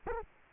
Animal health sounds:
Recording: mosquito wingbeat signal from an infrared sensor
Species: Anopheles arabiensis

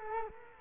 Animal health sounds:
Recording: mosquito wingbeat signal from an infrared sensor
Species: Culex quinquefasciatus

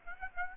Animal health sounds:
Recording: mosquito wingbeat signal from an infrared sensor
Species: Aedes aegypti

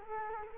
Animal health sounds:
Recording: mosquito wingbeat signal from an infrared sensor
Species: Culex quinquefasciatus

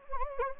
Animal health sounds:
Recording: mosquito wingbeat signal from an infrared sensor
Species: Anopheles gambiae

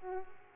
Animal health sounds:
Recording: mosquito wingbeat signal from an infrared sensor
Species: Culex pipiens

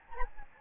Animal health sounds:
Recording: mosquito wingbeat signal from an infrared sensor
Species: Anopheles gambiae

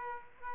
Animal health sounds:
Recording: mosquito wingbeat signal from an infrared sensor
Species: Aedes aegypti

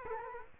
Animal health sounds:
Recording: mosquito wingbeat signal from an infrared sensor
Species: Culex quinquefasciatus

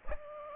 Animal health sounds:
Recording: mosquito wingbeat signal from an infrared sensor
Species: Aedes aegypti

